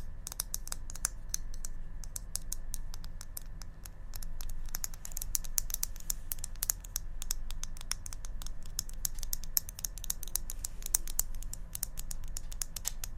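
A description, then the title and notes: ASMR tapping, a quick, fairly steady run of small, crisp clicks that sound much like typing on a keyboard. The taps come densely through the whole stretch, bright and sharp at the top, with a low, steady hum underneath. ASMR Tapping.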